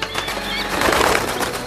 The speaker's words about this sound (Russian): Да нет, птицы. Все птицы в стаи собираются. Вон-а. Гляди, прямо косяками улетают.